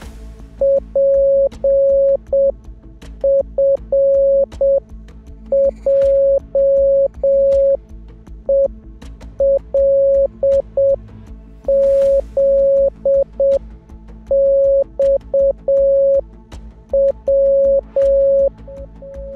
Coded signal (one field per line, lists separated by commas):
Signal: Morse code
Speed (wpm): 7 wpm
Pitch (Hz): 550 Hz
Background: music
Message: PFJELZXW